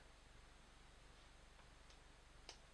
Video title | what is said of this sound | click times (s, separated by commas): Transformers Reviews-Prime Beast Hunters Laserback | you want to hear that click | 2.5 s